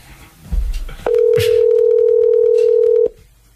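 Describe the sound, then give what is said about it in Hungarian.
A telephone handset is picked up with a low thump, then a loud, steady mid-pitched dial tone hums for about two seconds, with faint dialing clicks over it before it cuts off, as a call is placed to a morning radio show's listener of the day. “Na, hívjuk a naphallgatóját, aztán elmegyünk.”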